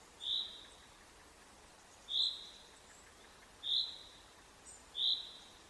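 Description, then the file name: Common chaffinch calling: four clipped, bright high notes spaced well apart, with quiet hiss between them. "Fringilla coelebs"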